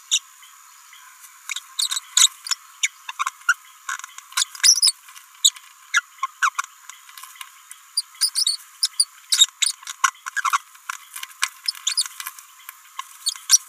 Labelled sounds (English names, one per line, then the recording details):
Green-rumped Parrotlet babbling
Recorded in a nest box in Venezuela
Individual 18B17A3